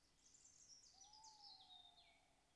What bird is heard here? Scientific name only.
Strix aluco